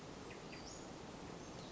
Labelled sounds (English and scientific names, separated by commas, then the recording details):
Western Flycatcher (Empidonax difficilis)
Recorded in Sonoma County, California